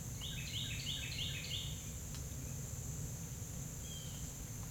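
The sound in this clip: Carolina wren song: one rapid burst of about five repeated rolling phrases lasting under two seconds, over a steady high whine and constant low rumble.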